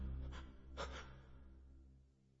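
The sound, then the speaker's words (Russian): A naked, bloodied, injured prisoner just thrown into a pitch-dark cell wheezes and groans in pain, two ragged, breathy gasps in quick succession over a steady low drone, then fading into quiet, strained breathing. “Грохот запоров, тени исчезают, слышны лишь стоны и хрип.”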